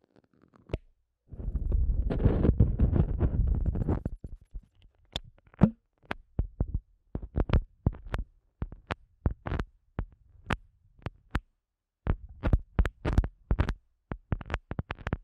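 Sensitive eardrum massage sounds: after a brief tap, a dense rumbling rub fills about a second and a half to four seconds. Then come sharp, irregular taps and short muffled brushes, packed closely and continuing to the end, with silence between them.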